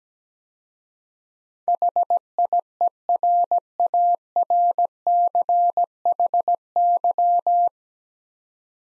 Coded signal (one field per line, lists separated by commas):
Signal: Morse code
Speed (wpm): 17 wpm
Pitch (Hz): 700 Hz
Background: none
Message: HIERARCHY